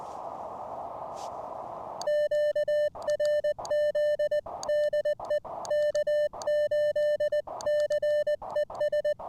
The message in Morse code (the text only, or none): QRZ DE K8CES